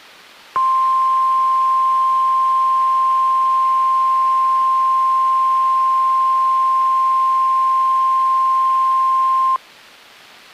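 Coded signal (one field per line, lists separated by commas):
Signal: Emergency Alert System (SAME) tones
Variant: 1050 Hz attention tone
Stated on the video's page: NOAA Weather Radio required weekly test, recorded directly from a weather radio via aux cord.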